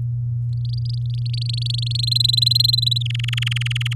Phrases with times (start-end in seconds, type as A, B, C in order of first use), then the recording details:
0.65-1.97 A, 1.99-3.03 B, 3.05-3.93 C. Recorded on 8 May 2018 at 19:49. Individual llb16